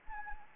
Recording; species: mosquito wingbeat signal from an infrared sensor; Anopheles gambiae